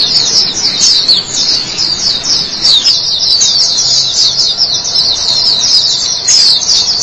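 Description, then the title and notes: White-eye song: a dense, continuous high twittering of rapid warbled notes, unbroken throughout with no pauses. White-eye chirping song. "Kicauan Burung Pleci Durasi Panjang. Suara kicauan burung pleci"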